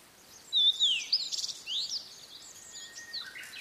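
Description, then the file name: Blue-and-white flycatcher song: clear whistled phrase with slurred descending and rising notes plus a buzzy segment. "oruri"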